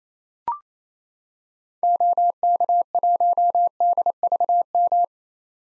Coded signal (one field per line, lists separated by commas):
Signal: Morse code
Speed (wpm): 28 wpm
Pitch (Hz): 700 Hz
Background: none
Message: OK1DVM